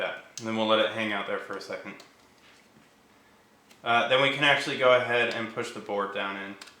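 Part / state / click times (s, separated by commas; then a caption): circuit board into printed blaster housing mount / not seated / none. Someone talks while a printed circuit board is handled above its 3D-printed plastic mount in an FDL-2+ blaster housing, ready to be pushed down into the mount. The board has not been pushed in, and nothing has seated or clicked yet.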